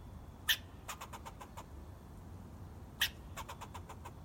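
Squirrel chirps: a sharp, loud chirp followed by a run of fainter, quick chirps, the pattern repeating about two and a half seconds later over a low background rumble.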